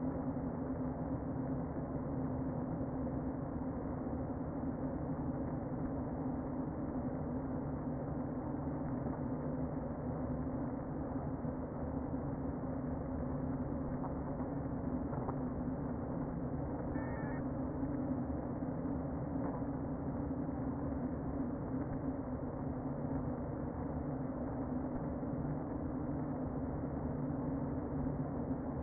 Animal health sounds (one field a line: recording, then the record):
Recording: honeybee colony, microphone inside the hive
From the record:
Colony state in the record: queen present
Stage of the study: before two queens were removed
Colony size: about 60,000 bees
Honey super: yes